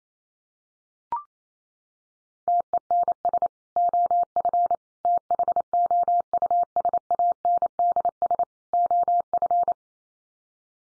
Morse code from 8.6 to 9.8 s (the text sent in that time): OF